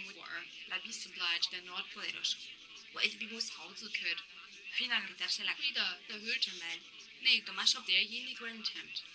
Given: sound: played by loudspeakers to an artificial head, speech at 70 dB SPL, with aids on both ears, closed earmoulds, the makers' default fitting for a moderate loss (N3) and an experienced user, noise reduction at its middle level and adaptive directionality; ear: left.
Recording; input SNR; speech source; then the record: speech test signal (ISTS) in cocktail-party noise; +9 dB; on the right (90 degrees)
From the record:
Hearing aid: class 2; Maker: J